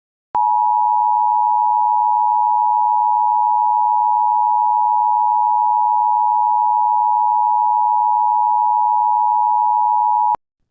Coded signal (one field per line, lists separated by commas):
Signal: Emergency Alert System (SAME) tones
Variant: 853 and 960 Hz attention tone